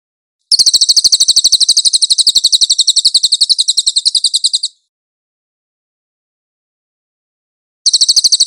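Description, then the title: Cililin singing a high, dense rattle of quick repeated notes for about four seconds, then silence before the same rattling phrase starts again. "SUARA BURUNG CILILIN"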